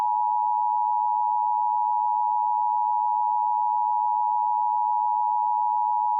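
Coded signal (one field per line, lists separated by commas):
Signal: Emergency Alert System (SAME) tones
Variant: 853 and 960 Hz attention tone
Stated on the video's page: Fictional EAS scenario, not a real alert.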